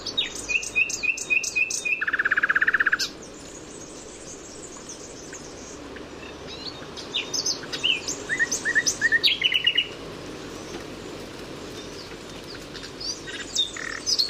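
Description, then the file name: Common nightingale song: a run of repeated notes, then a dense low rattling trill, followed by softer scattered chirps and whistled phrases with long gaps. "Luscinia megarhynchos"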